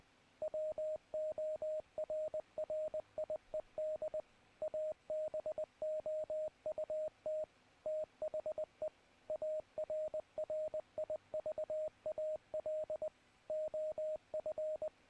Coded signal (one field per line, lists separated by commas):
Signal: Morse code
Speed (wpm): 20 wpm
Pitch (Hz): 620 Hz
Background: radio noise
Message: WORRIED ABOUT THE ARRIVAL OF